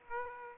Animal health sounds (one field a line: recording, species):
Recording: mosquito wingbeat signal from an infrared sensor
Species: Aedes aegypti